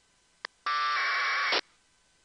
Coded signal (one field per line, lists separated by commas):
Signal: packet radio (AX.25, as in APRS)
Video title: Using AFSK1200 Decoder for Radio Propagation